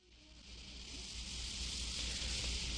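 Cicada song: a steady, dense, hissing buzz that swells in loudness over the first two seconds and then holds level, with no other clear sounds.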